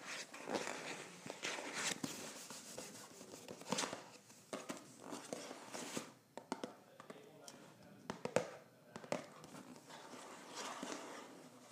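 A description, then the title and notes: A cardboard box is scratched and tapped in an irregular stream of sharp taps and dry rustling scrapes, with several louder knocks near six and eight seconds. ASMR Scratching and Tapping a Cardboard Box.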